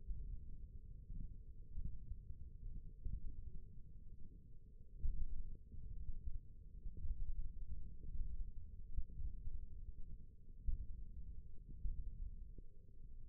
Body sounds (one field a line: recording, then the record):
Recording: forearm muscle sounds (acoustic myography)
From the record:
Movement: index flexion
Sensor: system 1, eight BSWA MPA416 microphones around the upper forearm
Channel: 4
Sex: male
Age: 20 years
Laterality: left